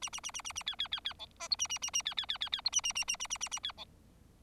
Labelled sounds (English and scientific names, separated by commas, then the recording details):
Bengalese Finch (Lonchura striata domestica) song
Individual Bird4